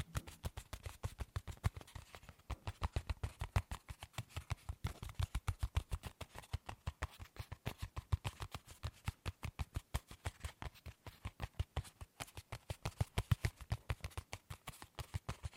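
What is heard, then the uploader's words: Rapid tapping on objects runs the full length, a quick, fairly even stream of sharp knocks, several per second, with a dull low thump under each hit. The pace and loudness waver slightly, with a few stronger taps standing out, but the rhythm never stops. ASMR Fast & Slow Tapping on 6 Objects No Talking.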